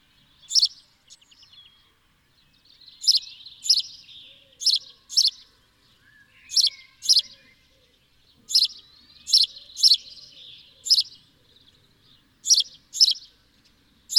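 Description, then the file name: House sparrow chirping: short sharp chirps in loose clusters, often paired, with quieter twittering between them. "Passer domesticus"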